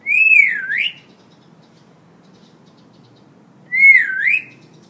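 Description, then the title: Hill myna whistling twice, a few seconds apart; each loud, clear whistle dips and then climbs again. Little else is heard. Hill myna singing actively (gacor); the recording is meant as a tutor (masteran) for training other birds. "Suara Burung Beo Gacor Cocok Untuk Masteran"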